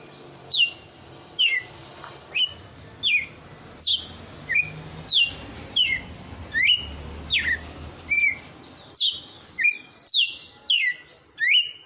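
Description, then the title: Red-cowled cardinal giving a long series of around seventeen sharp falling whistles, some with a flat ending, over a steady background hiss. Female bird. "Canto Galo Campina Fêmea"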